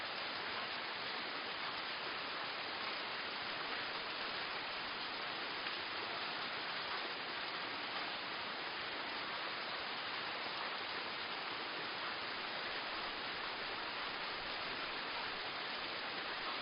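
Rain sounds as a steady white-noise hiss that never changes for the whole length. The sound is dense and even, strongest in the upper middle and cut off sharply at the top, with a thin low rumble underneath and no separate drops or other events.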